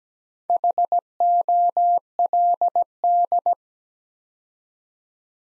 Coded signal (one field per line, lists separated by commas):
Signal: Morse code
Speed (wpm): 17 wpm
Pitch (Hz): 700 Hz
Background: none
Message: HOLD